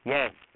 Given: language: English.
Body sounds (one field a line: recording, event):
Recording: throat vibration sensor signal played as sound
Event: speech